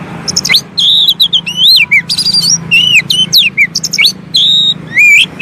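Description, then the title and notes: Oriental magpie-robin song, loud whistled notes bending up and down, mixed with rapid clicks and buzzy chips, delivered in quick varied phrases over a faint steady hum. Long-duration filler (isian) song to make magpie-robins (kacer) sing actively (gacor) day and night. "Kacer Jadi Gacor Siang Malam. Isian Kacer Durasi Panjang"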